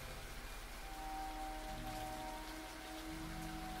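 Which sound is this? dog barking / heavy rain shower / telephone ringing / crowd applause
heavy rain shower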